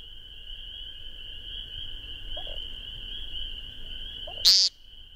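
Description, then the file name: American woodcock giving one loud, buzzy peent near the end, with a continuous high-pitched chorus behind. Recorded on 12 May 2001. "2001-05-12 American Woodcock"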